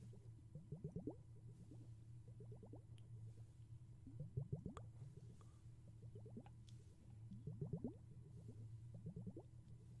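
Underwater gurgles rise in quick bursts of bubbling sweeps near 1, 4.5 and 8 seconds over a steady low hum and faint clicks.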